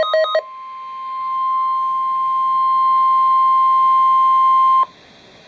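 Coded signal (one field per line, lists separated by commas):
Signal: Emergency Alert System (SAME) tones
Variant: 1050 Hz attention tone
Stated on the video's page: Real required weekly test on NOAA weather radio from the Chicago weather service office.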